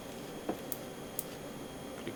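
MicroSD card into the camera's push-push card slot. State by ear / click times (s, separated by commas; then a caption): seated / 0.7 s, 1.2 s. A microSD card is pushed into the spring-loaded push-push card slot of a JeVois Pro camera until it latches. After a soft muffled bump at about 0.5 s, two sharp, bright clicks sound at 0.7 s and 1.2 s, followed by a faint tick near 2.1 s over a steady low hiss. The card is seated and latched in the slot.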